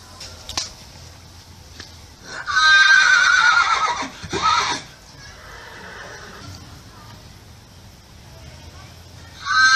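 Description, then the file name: Horse whinnying: a loud, high, quavering neigh descending over about two seconds, a brief second burst, then quieter noises and another whinny beginning at the end. "caballo"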